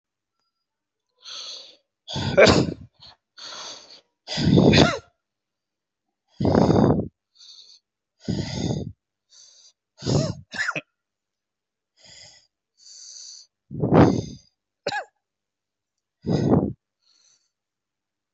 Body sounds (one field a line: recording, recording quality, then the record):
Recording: deep breathing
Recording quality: excellent, no background noise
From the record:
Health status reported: COVID-19 positive, mild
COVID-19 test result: positive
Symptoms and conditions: cough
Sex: male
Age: 36 years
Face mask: worn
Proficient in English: yes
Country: India